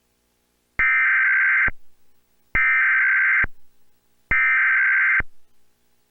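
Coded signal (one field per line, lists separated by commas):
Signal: Emergency Alert System (SAME) tones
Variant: header bursts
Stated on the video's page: Mock Christmas Blue Alert, not a real broadcast.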